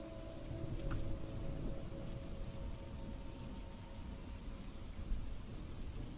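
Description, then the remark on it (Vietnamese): Steady rain falls in a continuous, dense hiss, with a low rumbling undertone and a faint steady hum running through it; no voices are heard. “Mỗi khi trời buồn, trời đổ cơn mưa, tôi lại nhớ đến những lần tôi ngồi bên may sỉ, đưa tay ra hứng những giọt mưa ở trên mái phô.”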